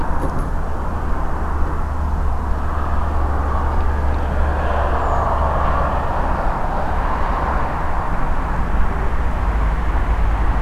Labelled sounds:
Redwing

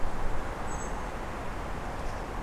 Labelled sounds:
Meadow Pipit

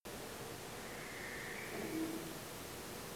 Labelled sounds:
Western Barn Owl
unidentified sound

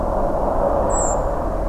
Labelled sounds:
Redwing

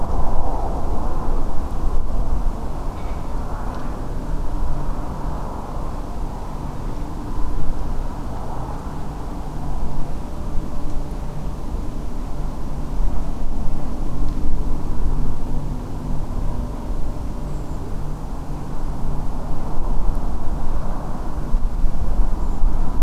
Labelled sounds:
Redwing

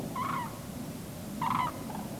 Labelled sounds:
Common Crane

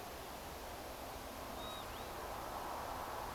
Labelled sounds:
Northern Lapwing

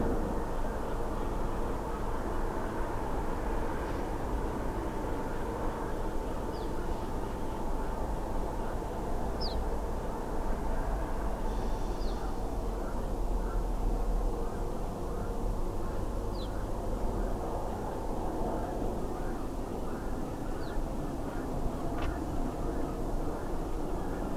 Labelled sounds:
Ortolan Bunting

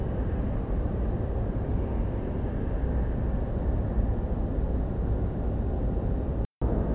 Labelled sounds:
Spotted Flycatcher

